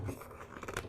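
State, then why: Not seated. A plastic shield is lined up with the tabs at the base of a Weed Eater SG11 string trimmer housing and handled as it is rotated toward its twist-lock position. Scraping, crunchy handling noises are heard, with two sharp transients near 0.8 s and 0.9 s. Nothing has seated or clicked yet.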